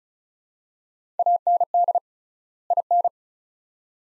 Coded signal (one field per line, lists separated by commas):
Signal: Morse code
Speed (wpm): 34 wpm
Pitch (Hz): 700 Hz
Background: none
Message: AND IN